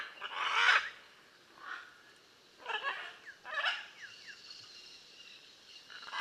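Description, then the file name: Blue-and-yellow macaw calling: one loud, rough squawk, then a few fainter grating calls. "Blue and yellow Macaw Ara ararauna"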